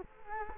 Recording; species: mosquito wingbeat signal from an infrared sensor; Culex quinquefasciatus